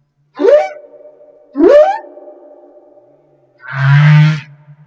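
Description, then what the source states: Humpback whale song: two quick rising whoops trailing into held tones, followed by a deep rough moan. Madagascar.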